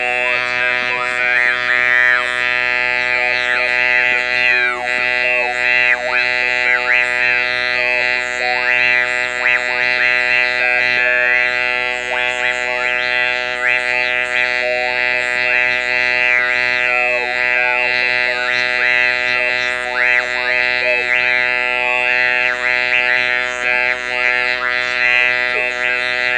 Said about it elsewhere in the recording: Read a brief passage for you with the electrolarynx held in front of my lips this will simply give you a longer sample of speech so uttered. Paragraph from Brideshead Revisited.